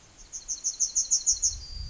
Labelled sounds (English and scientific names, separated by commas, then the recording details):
Yellowhammer (Emberiza citrinella) song
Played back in forest
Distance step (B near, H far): D
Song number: 037